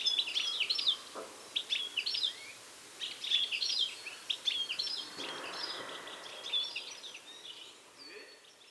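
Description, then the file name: European goldfinch giving high, tinkling twitters and chirps in quick, liquid bursts through most of the recording, with light background noise. "Carduelis carduelis"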